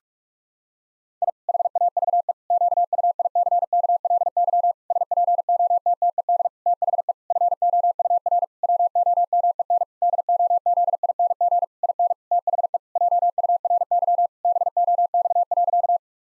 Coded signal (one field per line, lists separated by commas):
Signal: Morse code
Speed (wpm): 46 wpm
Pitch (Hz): 700 Hz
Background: none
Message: I HAVE QUICKLY SPOTTED THE FOUR WOMEN DOZING IN THE JURY BOX.